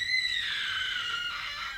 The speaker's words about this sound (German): Was war das? Hörte sich an wie ein Schrei?